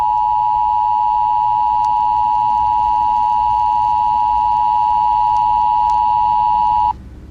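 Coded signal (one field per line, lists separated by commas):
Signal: Emergency Alert System (SAME) tones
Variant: 853 and 960 Hz attention tone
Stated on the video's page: Fictional EAS scenario alert, a made-up recreation rather than a real broadcast.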